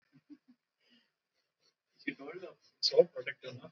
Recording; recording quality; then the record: deep breathing; poor, much background noise or distortion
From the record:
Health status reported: recovered from COVID-19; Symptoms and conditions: cold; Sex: female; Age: 25 years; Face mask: worn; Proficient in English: yes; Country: India